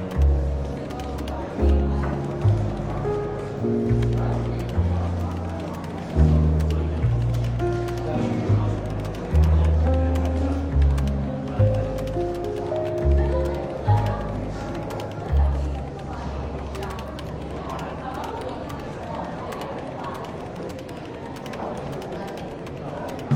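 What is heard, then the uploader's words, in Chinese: A London bookshop café with a light hum of chatter and soft, relaxed jazz in the background. Steady bass notes and sustained chords shift every second or two, with small swells in level, while murmured voices run continuously underneath. 伦敦书店咖啡馆轻微喧闹氛围与柔和轻松的爵士背景音乐。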